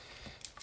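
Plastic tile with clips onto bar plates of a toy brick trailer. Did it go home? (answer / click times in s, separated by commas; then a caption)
yes / 0.4 s. A 2x3 plastic LEGO flat tile with two clips is pressed onto the bar plates of a brick-built utility trailer to form its hinged rear ramp. After a quiet lead-in, a single sharp snap is heard at 0.5 s, followed by a softer high-pitched rustle near the end. The tile clips firmly into place.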